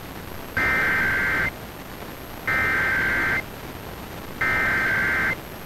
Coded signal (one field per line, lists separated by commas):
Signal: Emergency Alert System (SAME) tones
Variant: header bursts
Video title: Pennsylvania CAP Weekly Test (11/30/21)(EAS 999)